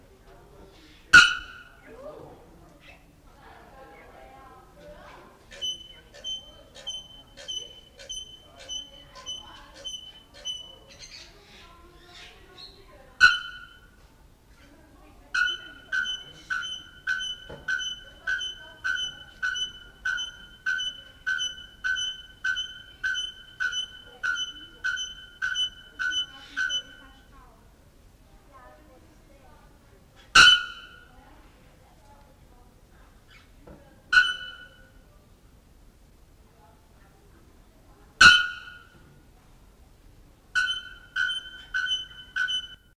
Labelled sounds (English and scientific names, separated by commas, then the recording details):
Bare-throated Bellbird (Procnias nudicollis) call
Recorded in captivity
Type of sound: call
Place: Wilhelma Stuttgart, Baden-Württemberg, DE
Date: 1984-07-05
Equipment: Halbspur, 9,5 cm/s
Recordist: Lütgens, Hans
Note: Rufe